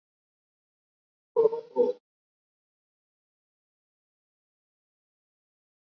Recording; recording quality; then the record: sustained vowel as in boot; moderate, slight background noise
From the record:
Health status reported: COVID-19 positive, mild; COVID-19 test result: positive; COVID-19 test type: RT-PCR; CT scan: not taken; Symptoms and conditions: cough, fatigue, muscle pain, hypertension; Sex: male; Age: 35 years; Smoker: yes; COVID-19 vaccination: both doses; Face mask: worn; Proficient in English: yes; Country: India